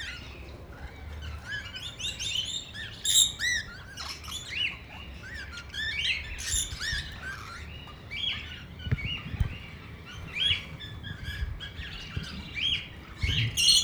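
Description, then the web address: Parrots chattering, dense high chirps and screeches from several birds, with occasional knocks and a low hum. Parrots at Nyíregyháza Zoo, recorded in 2010 on the green pyramid. "nyiregyhazizoo 2010 standardt madarak papagajokazoldpiramistetejen"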